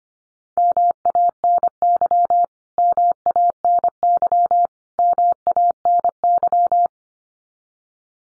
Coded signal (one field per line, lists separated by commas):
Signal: Morse code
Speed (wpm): 25 wpm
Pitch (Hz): 700 Hz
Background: none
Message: MANY MANY MANY